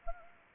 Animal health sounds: mosquito wingbeat signal from an infrared sensor; Anopheles arabiensis

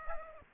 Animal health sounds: mosquito wingbeat signal from an infrared sensor; Aedes aegypti

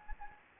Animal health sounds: mosquito wingbeat signal from an infrared sensor; Anopheles gambiae

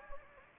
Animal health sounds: mosquito wingbeat signal from an infrared sensor; Anopheles gambiae

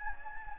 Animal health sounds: mosquito wingbeat signal from an infrared sensor; Anopheles gambiae

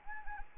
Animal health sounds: mosquito wingbeat signal from an infrared sensor; Anopheles arabiensis

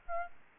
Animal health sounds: mosquito wingbeat signal from an infrared sensor; Aedes albopictus

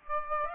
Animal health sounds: mosquito wingbeat signal from an infrared sensor; Aedes aegypti

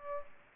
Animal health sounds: mosquito wingbeat signal from an infrared sensor; Aedes aegypti

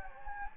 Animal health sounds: mosquito wingbeat signal from an infrared sensor; Anopheles gambiae

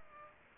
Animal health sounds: mosquito wingbeat signal from an infrared sensor; Culex pipiens

